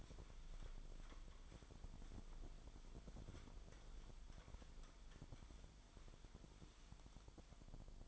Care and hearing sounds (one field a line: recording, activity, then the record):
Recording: daily activity, microphone in the room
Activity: wipe stove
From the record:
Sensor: 5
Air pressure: 1003.4 hPa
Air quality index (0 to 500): 146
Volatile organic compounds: 2 ppm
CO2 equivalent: 1063 ppm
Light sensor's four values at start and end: 38/83/37/44 and 38/84/38/45